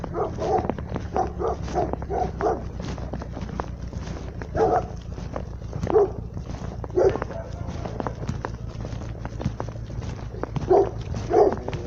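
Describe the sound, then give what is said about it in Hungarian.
A small dog barks repeatedly in short, sharp yaps at an uneven pace, some in quick pairs, over a steady low hum and faint clattering. “Kutya!”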